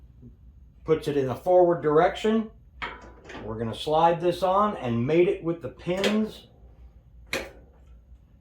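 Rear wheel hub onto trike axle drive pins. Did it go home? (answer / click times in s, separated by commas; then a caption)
yes / 7.3 s. Someone talks while the rear wheel of a Miami Sun Traditional Trike, with its tire tread set to the forward direction, is slid onto the axle and its hub is mated with the drive pins. One sharp metallic click is heard at 7.3 s as the wheel seats on the drive pins.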